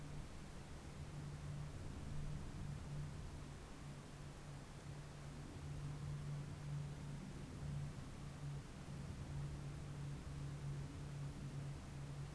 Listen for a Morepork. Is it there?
no